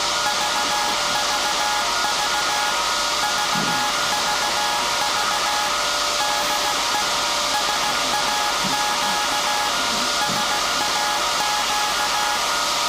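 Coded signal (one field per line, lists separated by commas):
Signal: Morse code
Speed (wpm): 15 wpm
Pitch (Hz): 840 Hz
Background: music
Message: VVV VVV DE SAQ SAQ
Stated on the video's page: Live transmission of a message from SAQ Grimeton, the 1924 Alexanderson Alternator, at the World Heritage radio station.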